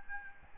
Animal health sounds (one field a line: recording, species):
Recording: mosquito wingbeat signal from an infrared sensor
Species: Aedes albopictus